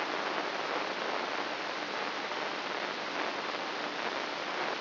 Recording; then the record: brain microelectrode recording played as sound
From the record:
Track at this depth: outside the subthalamic nucleus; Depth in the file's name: 3.044 mm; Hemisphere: left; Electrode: 3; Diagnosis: Parkinson's disease